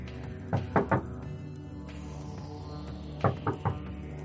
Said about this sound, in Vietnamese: lên cùng với tiếng sột soạt, giống như có người đang cố với tay mở cửa.